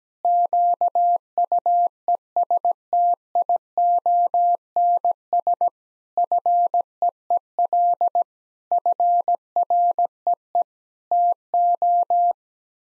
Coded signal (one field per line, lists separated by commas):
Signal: Morse code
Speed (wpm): 17 wpm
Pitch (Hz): 700 Hz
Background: none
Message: QUESTIONS FEEL FREE TO